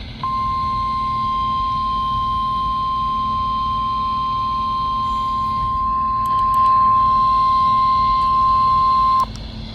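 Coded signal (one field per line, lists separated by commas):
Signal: Emergency Alert System (SAME) tones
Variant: 1050 Hz attention tone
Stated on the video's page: Required weekly test on NOAA Weather Radio.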